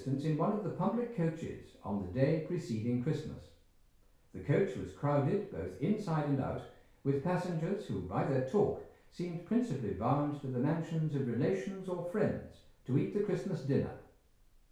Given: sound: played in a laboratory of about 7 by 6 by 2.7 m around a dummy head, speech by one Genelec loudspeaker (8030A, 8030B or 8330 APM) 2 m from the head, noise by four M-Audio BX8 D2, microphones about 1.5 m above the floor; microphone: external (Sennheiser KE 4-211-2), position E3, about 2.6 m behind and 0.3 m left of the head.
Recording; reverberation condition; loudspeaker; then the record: male speech in English; medium; 150 degrees to the left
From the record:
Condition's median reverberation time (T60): about 510 ms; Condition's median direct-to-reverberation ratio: about -0.5 dB